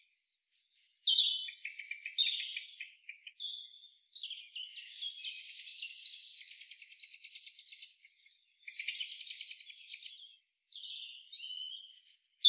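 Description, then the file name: European robin gives a long run of high song: tinkling whistles, buzzy trills and sharp slurred notes, with brief pauses between phrases. "Erithacus rubecula"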